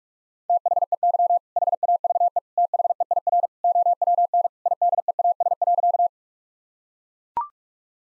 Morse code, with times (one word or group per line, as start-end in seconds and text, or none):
0.5-1.4 THEY
1.6-2.4 HAVE
2.6-3.5 THEIR
3.6-4.5 OWN
4.7-6.1 IDEAS.